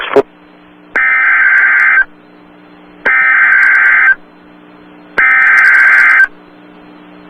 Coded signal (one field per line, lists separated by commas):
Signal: Emergency Alert System (SAME) tones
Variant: header bursts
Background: speech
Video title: Severe Weather Statement for TORNADO EMERGENCY (EAS #617) - Oklahoma City area